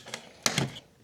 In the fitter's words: Satisfying click.